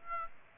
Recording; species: mosquito wingbeat signal from an infrared sensor; Aedes aegypti